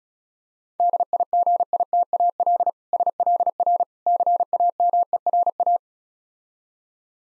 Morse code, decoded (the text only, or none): DIGITAL SLR CAMERA